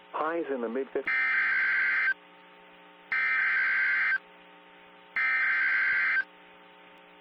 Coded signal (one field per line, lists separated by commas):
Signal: Emergency Alert System (SAME) tones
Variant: header bursts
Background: speech